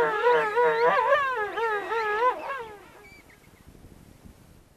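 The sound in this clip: King penguin trumpeting call, a loud warbling harmonic phrase with rapid pitch wobbles lasting about two and a half seconds, then fading to quiet background.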